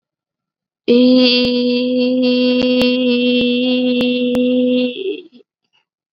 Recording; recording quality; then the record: sustained vowel as in beet; excellent, no background noise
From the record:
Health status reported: COVID-19 positive, moderate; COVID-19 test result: positive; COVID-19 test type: rapid antigen test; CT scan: not taken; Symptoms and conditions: cough, fever, fatigue, muscle pain, another condition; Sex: female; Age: 19 years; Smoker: no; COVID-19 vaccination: one dose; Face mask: worn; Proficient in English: no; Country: India